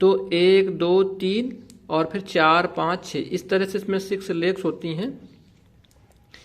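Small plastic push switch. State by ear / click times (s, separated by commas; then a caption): seated / 6.3 s. Someone talks, then the button of a small 6-pin self-locking DPDT switch is pressed and latches down into its locked position with a click at 6.3 s.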